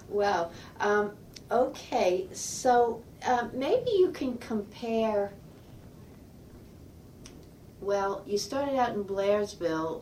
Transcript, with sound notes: Well, um, OK, so maybe you can compare. [pause] Well, you started out in Blairsville.